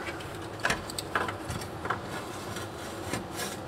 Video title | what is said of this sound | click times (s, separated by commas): We Finished Supercharging My SLEEPER LS Work Van & It’s RIDICULOUS! Insane Exhaust System! | all right just snaps right in there doesn't wud they made it a little it's a little on the high side of the dimension | 0.7 s, 1.2 s